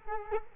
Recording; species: mosquito wingbeat signal from an infrared sensor; Culex quinquefasciatus